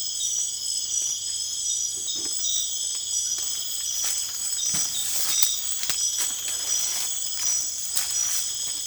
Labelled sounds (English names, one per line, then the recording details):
none
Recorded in secondary vegetation near Puerto Asís, Putumayo, Colombia, on 27 June 2025
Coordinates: 0.488, -76.319
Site G094